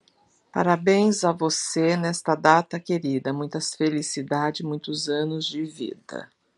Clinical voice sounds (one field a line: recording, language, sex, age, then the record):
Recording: short text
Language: Brazilian Portuguese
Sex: female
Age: 60 to 69 years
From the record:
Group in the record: control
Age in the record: 61 years